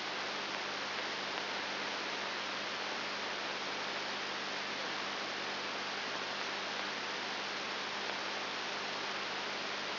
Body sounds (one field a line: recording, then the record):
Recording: brain microelectrode recording played as sound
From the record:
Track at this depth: inside the subthalamic nucleus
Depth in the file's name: 3.501 mm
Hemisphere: left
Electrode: 3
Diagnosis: Parkinson's disease